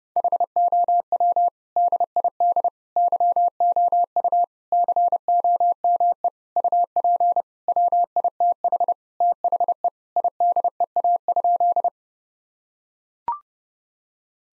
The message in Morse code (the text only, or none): HOW DID YOU COME UP WITH THE IDEA?